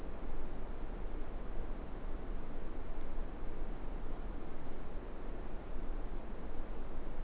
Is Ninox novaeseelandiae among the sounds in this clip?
no